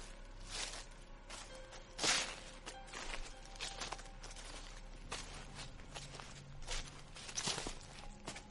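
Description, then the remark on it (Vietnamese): Soft, quiet footsteps pad along unevenly behind the house, a string of light scuffing steps with a couple of slightly sharper ones, and no voices. “Ở bên ngoài chợt có tiếng động, có tiếng bước chân nhẹ nhẹ ở sau nhà.”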